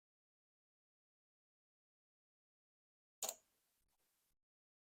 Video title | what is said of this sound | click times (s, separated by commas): Installing a Midnight Motorsports Fog’r700 on my BMW 535i | you heard the click we're going to go ahead and put the collar on | 3.2 s